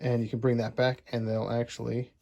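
Someone talks while handling a plastic Transformers Studio Series Starscream (Bumblebee movie) jet figure mid-transformation, bringing the separated parts near the cockpit and gun holder back toward each other. Only speech is heard; the parts have not clicked or seated together yet.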